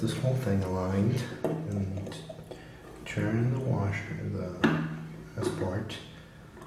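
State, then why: Not seated. A metal washer is turned against an internal part inside the body of a Stanley Security 24/7 padlock during reassembly, to get everything aligned so it will lock in place. Someone talks throughout over faint handling sounds. Nothing has seated or clicked yet.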